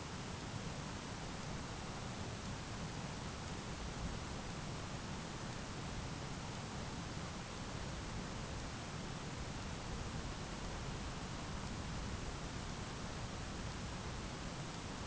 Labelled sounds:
none

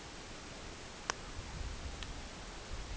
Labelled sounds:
none

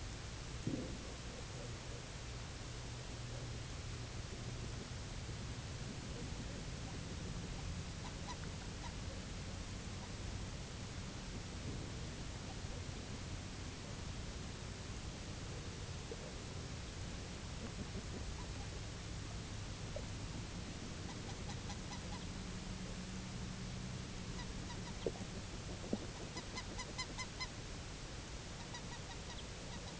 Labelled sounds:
unidentified sound
Spectacled Eider

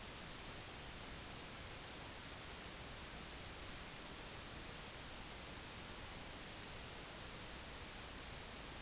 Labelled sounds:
none

